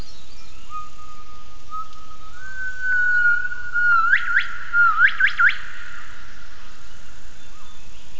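Gibbon call: a long steady whistled tone that slowly rises, then a burst of quick sharply upswept whistled notes, over a constant background hiss.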